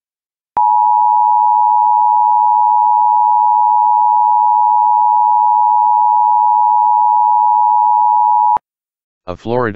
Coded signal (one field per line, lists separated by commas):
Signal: Emergency Alert System (SAME) tones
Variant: 853 and 960 Hz attention tone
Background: speech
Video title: EAS Child Abduction Emergency (AMBER Alert) Miami, Florida Statewide Alert #FLAMBER